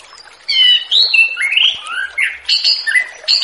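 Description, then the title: Orange-headed thrush song, a loud, dense stream of rich whistles and slurred notes, some sliding down and some rising, with scratchy notes near the end. Relaxed ngeplong-style song, used as a lure to attract wild birds of the same species. "Anis Kembang Ngeplong Santai , Untuk Pancingan Anis Kembang Lepas"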